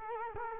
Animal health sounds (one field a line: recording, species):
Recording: mosquito wingbeat signal from an infrared sensor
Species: Culex quinquefasciatus